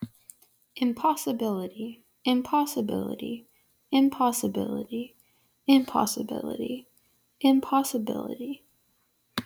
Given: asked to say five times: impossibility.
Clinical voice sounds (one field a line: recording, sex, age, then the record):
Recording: repeated word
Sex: female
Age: 20 to 29 years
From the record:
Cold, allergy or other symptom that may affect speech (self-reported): no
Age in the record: 24 years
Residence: Kentucky, United States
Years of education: 15